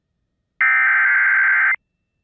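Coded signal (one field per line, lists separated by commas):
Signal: Emergency Alert System (SAME) tones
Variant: header bursts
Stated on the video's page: Emergency Alert System alerts.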